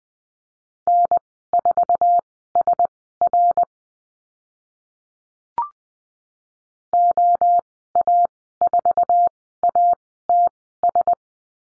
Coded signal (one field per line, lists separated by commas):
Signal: Morse code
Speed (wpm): 20 wpm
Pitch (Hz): 700 Hz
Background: none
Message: N4SR OA4ATS